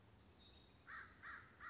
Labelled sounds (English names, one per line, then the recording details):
American Crow
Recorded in Sonoma County, California